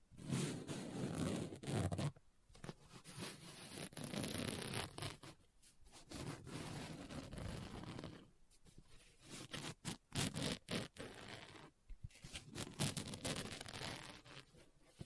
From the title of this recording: Book Tapping, Scratching, Page Turning